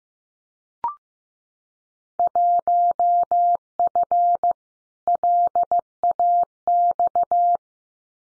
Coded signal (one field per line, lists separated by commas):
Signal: Morse code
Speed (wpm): 15 wpm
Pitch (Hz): 700 Hz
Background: none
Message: 1F LAX